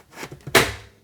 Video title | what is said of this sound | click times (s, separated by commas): Wopet FW04 Automatic Pet Feeder Review: Worth Buying? | you hear a click and it locks. | 0.6 s